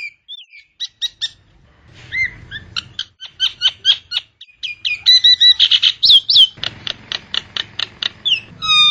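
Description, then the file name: Nias hill myna calling with a rapid, varied run of sharp clicks, rattling notes and short ringing whistles, some rising or falling, packed into loud bursts with brief gaps. "suara jalak nias"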